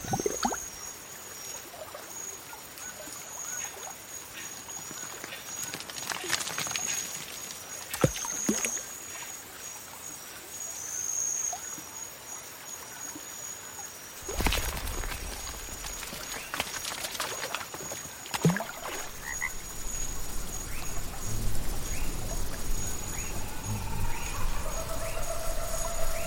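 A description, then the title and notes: A jungle swamp ambience with a steady high insect whine running throughout and a dense bed of chirps and rustles. Sharp knocks or splashes break in around 8, 14 and 18 seconds, and the layer of low rumbling thickens after the middle. Jungle swamp ambience.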